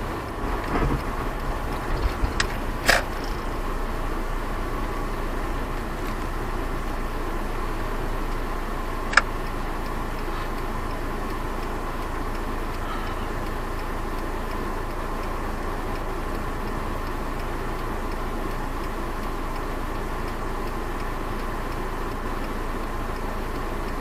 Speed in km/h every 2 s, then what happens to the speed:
13, 10, 9, 9, 8, 9, 7, 7, 5, 6, 8, 8.
0-24 steady at about 8.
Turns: none.